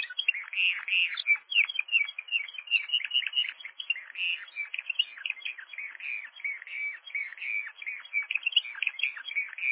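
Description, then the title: Canary song, continuous dense warbling with fast rolling trills and chattering notes throughout, no pauses. "kenarijos"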